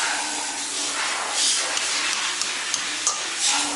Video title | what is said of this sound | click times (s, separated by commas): VW Paradise Motorsports EP4 How to deck and rebuild a mk4 1.8T Head | Hear the pop? That's all the way down right there. | 3.1 s